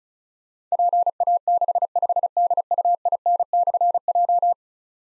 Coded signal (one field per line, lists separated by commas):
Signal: Morse code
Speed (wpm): 36 wpm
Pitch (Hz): 700 Hz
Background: none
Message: PA65DUIN/J